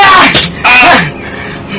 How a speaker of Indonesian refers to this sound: Teruskan, Awis! Cambuk lagi! Cambuk lebih keras!